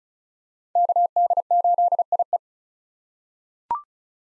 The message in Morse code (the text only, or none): KD8IE